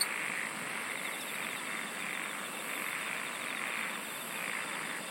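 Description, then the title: Insect chorus holding a steady high drone and a fast regular pulsing trill, with a softer throbbing mid-pitched layer beneath. "SINGING OF INSECTS"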